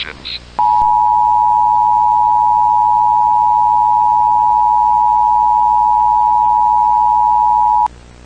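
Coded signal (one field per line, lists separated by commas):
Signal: Emergency Alert System (SAME) tones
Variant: 853 and 960 Hz attention tone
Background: speech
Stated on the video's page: Fictional analog-horror EAS scenario; the alert never happened.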